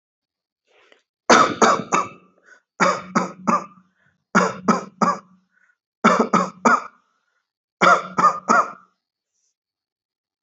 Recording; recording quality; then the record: shallow voluntary cough; excellent, no background noise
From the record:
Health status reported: healthy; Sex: male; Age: 40 years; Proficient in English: yes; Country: India